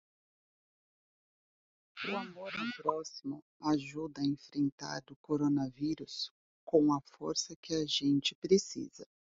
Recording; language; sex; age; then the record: spoken sentence; Brazilian Portuguese; female; 30 to 39 years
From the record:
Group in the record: control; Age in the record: 39 years